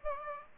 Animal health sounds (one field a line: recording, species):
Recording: mosquito wingbeat signal from an infrared sensor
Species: Aedes aegypti